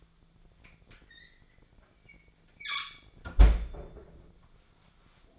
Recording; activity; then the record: daily activity, microphone in the room; close fridge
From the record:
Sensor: 5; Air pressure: 1009.7 hPa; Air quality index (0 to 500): 164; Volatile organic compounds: 4 ppm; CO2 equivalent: 1598 ppm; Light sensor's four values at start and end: 109/281/117/126 and 107/278/115/124